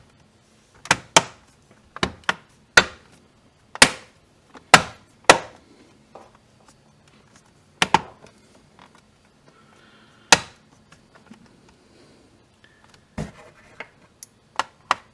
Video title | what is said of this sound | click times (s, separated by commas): Dell Inspiron 5000 Power Button Repair | And this will just snap in place nicely. | 1.2 s, 2.8 s, 3.8 s, 4.7 s, 5.3 s, 10.3 s